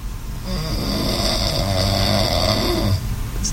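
A single long, low, rattling snore lasting about two and a half seconds from an adult man during sleep.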